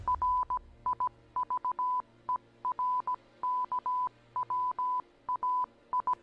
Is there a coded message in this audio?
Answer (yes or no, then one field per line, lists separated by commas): yes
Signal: Morse code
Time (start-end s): 0.1-6.1 s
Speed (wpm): 17 wpm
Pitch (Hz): 1000 Hz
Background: none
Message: RIVERKWAI